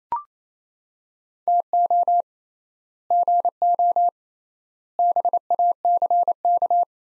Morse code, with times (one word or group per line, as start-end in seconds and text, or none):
1.5-2.2 TO
3.1-4.1 GO
5.0-6.8 BACK